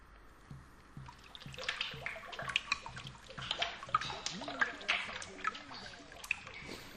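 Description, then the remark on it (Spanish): A shower runs steadily as someone washes their dirty hair, a continuous broad hiss of falling water with scattered splashes and drips breaking through at irregular moments. “no, ahora yo tengo el pelo un toque sucio, así que si me permitís voy a pasar al toilete.”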